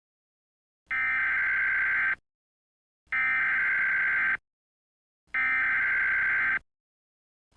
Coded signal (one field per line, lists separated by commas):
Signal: Emergency Alert System (SAME) tones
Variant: header bursts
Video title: THEY ARE HERE ! A War of The Worlds EAS